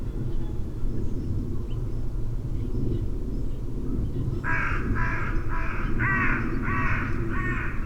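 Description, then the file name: Carrion crow: after about four seconds of low rumbling noise, several loud, raspy caws follow one another at a steady pace to the end. "Corvus corone"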